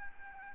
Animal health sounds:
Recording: mosquito wingbeat signal from an infrared sensor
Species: Aedes albopictus

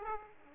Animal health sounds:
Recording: mosquito wingbeat signal from an infrared sensor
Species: Aedes aegypti

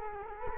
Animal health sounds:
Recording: mosquito wingbeat signal from an infrared sensor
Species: Culex quinquefasciatus

